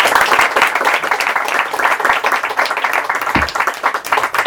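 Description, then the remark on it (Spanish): An audience at the presentation of the book Galgos, Manual de Acogimiento applauds steadily, many hands clapping in a dense, continuous patter that stays loud and even throughout, with no one speaking over it. “Venga, un aplauso.”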